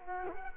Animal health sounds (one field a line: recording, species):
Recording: mosquito wingbeat signal from an infrared sensor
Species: Culex quinquefasciatus